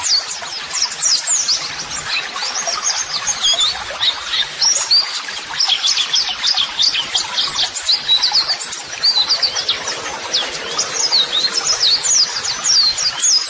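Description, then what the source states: White-eye song, a long, dense run of high chirps and tinkling whistled notes, repeated in fast bursts with hardly any gaps. Masteran (model song) therapy audio for training pleci white-eyes, described as gacor (continuously singing) and meant to prompt birds to reply at once.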